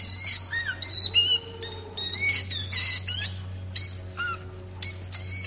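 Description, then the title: Sooty-headed bulbul giving clusters of squeaky chirps and short falling whistles, several bursts in a few seconds, with a constant low hum behind. "Suara Burung Kutilang"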